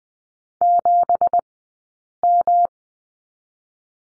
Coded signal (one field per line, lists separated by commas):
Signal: Morse code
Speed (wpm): 20 wpm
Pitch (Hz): 700 Hz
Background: none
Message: 7M